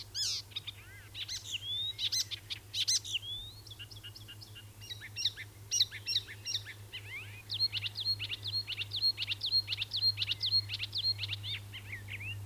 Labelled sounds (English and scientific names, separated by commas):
Icterine Warbler (Hippolais icterina) song